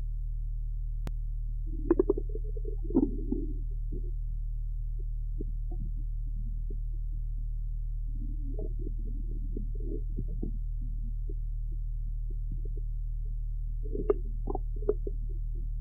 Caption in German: Oftmals dominieren bei der Lungenauskultation junger und erwachsener Pferde die lauten Darmgeräusche und lassen die leiseren Lungengeräusche so kaum hörbar werden.